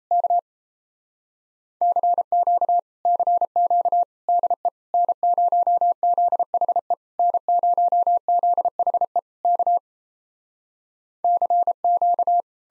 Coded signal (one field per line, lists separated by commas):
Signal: Morse code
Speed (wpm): 37 wpm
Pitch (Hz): 700 Hz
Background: none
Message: K CQ CQ DE N0ZHE N0ZHE K CQ